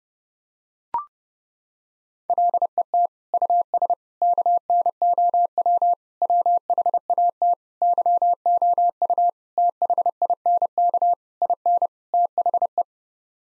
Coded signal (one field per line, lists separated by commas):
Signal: Morse code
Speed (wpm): 32 wpm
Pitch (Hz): 700 Hz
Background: none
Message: LET US KNOW WHAT YOU THINK IN THE